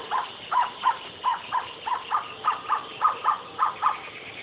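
Spotted owlet giving a harsh chattering series of squeaky notes, rapidly repeated, over a noisy background.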